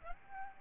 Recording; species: mosquito wingbeat signal from an infrared sensor; Aedes albopictus